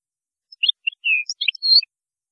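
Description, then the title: European goldfinch song: a short twittering phrase of chirps and drawn, slurred high notes. "Chant Chardonneret"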